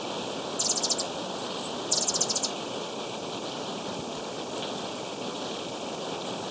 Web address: Birds of Ecuador. Ecuadorian Piedtail